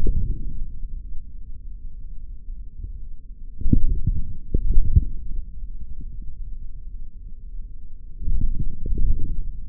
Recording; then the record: forearm muscle sounds (acoustic myography)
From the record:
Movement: forearm pronation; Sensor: system 3, bracelet of six PUI Audio POM-2738L microphones around the upper forearm, with dedicated amplification and filtering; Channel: 3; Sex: male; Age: 26 years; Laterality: right